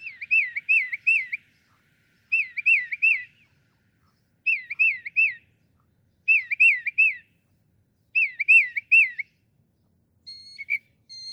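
Northern mockingbird singing a wavering, whistled phrase of looping notes, repeated five times about every two seconds, then switching to thin high notes.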